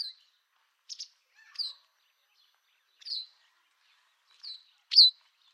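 White wagtail calls: bright, high chirps, often doubled, spaced about half a second to a second and a half apart, ending on a louder, sharper note.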